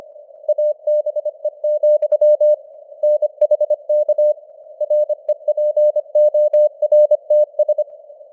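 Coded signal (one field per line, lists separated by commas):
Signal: Morse code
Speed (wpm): 25 wpm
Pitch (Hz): 600 Hz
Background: none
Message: ABE, NHK REPORTS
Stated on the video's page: Morse news headlines at 25 wpm with simulated radio noise and varying signal strength (QSB).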